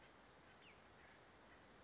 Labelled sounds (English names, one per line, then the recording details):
California Towhee
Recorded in Sonoma County, California